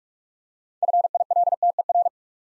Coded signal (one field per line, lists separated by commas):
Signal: Morse code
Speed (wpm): 44 wpm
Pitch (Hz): 700 Hz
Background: none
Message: FILTER